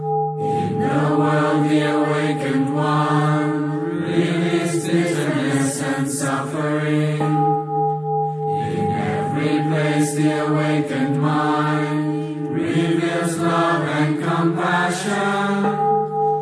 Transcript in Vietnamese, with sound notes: In the world, the Awakened One relieves bitterness and suffering. [bell]
In every place, the Awakened Mind reveals love and compassion.